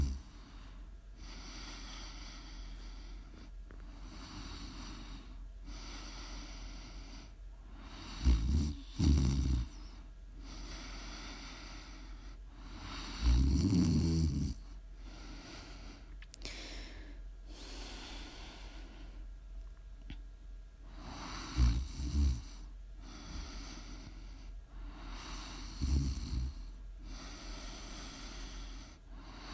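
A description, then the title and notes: Snoring with rough, throaty snores around 9, 14, 22 and 26 seconds, the one near 14 seconds the longest and loudest. Softer breathing fills the gaps over a steady low hum and a constant faint hiss. Please enjoy some prime ASMR snoring.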